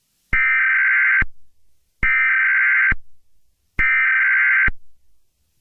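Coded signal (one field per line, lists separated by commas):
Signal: Emergency Alert System (SAME) tones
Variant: header bursts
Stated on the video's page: Fictional horror EAS scenario.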